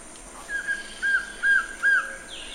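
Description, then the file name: Collared trogon singing four mellow, level cow-like notes in a steady row about half a second apart over quiet background hiss. "Canto do surucua de coleira"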